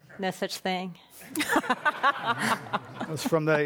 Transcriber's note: laughter